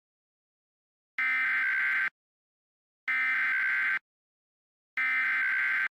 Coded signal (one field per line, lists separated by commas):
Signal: Emergency Alert System (SAME) tones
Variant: header bursts